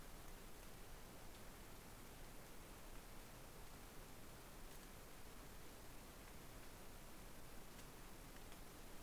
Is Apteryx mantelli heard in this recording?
no